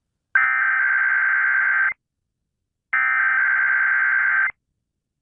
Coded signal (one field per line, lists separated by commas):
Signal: Emergency Alert System (SAME) tones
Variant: header bursts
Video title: I finally caught it! KDKA Weekly Test from June 27th 2021 EAS#241